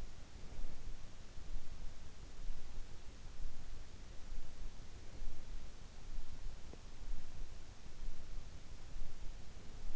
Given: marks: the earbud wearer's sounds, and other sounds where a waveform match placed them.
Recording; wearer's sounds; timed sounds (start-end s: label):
sounds in sleep by an in-ear microphone; breath
0.00-1.02 s: breath